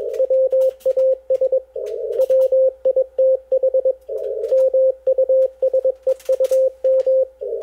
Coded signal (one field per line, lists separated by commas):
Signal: Morse code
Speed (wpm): 21 wpm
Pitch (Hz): 530 Hz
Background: radio noise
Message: WAS WITH MUSEUM